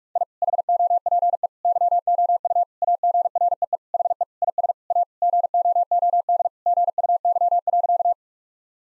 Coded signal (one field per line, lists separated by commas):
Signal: Morse code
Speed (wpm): 41 wpm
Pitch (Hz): 700 Hz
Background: none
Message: I HOPE YOU AGREE HE IS A GOOD GUY.